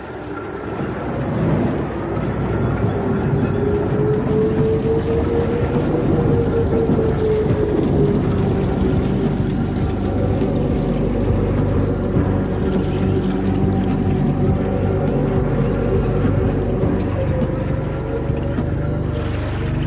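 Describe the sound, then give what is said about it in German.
A storm at sea at night surrounds the boat Wave Dancer: a steady, loud roar of wind and churning water with deep rumbling underneath and a faint, wavering howl rising and falling through the middle. “Was meinen Sie, wie lange wird der Sturm noch dauern?”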